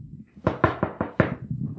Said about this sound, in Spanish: Llega un señor que vende Biblias y toca la puerta.